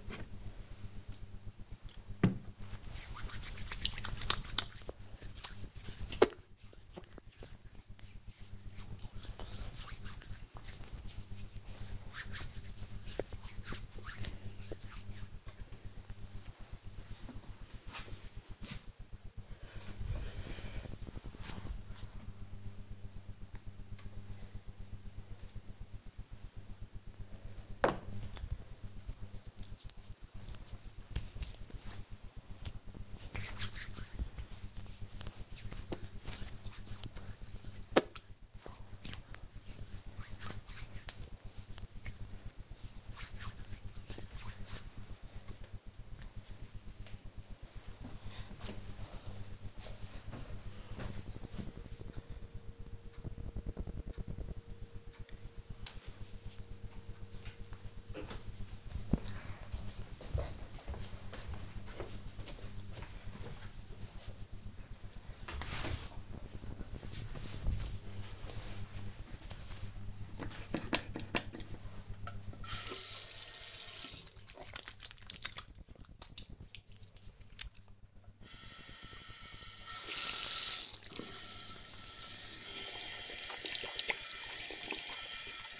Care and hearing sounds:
household activities, microphone on the right wrist
0.00-14.47 s: disinfecting hands
23.53-44.66 s: cream hands
68.79-85.80 s: washing hands

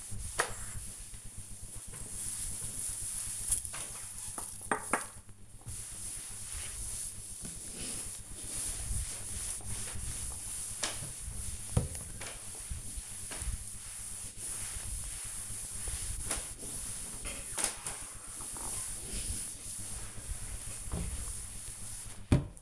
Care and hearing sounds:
household activities, microphone on the right wrist
0.00-22.03 s: cleaning table

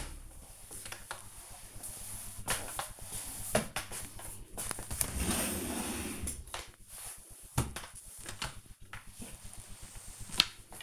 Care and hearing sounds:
household activities, microphone on the right wrist
0.00-10.83 s: floor cleaning

